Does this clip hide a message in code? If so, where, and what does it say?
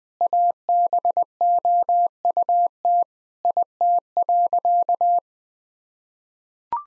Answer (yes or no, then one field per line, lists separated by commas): yes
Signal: Morse code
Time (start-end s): 0.2-5.2 s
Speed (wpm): 21 wpm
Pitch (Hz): 700 Hz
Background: none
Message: ABOUT IT.